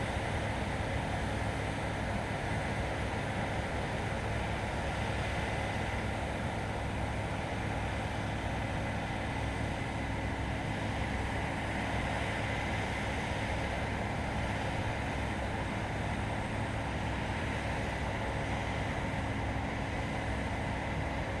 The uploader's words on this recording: Case IH 9120 Axial - Flow Combine. Audio field recording captured by Leslie Rollins (337is).